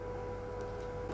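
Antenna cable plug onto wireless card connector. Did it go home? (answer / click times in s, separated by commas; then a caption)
no / none. A small white antenna cable plug is pressed onto the wireless card connector inside a Dell Venue 11 Pro (Core processor version), a tricky fit because the wires are very small and stiff. Only a steady background hum with faint tones is heard, with no click. The plug has not seated.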